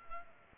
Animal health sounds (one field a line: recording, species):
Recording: mosquito wingbeat signal from an infrared sensor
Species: Culex pipiens